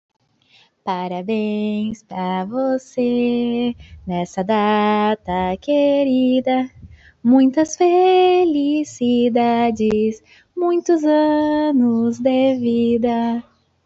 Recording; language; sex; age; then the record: short text; Brazilian Portuguese; female; 20 to 29 years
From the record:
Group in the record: control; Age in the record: 20 years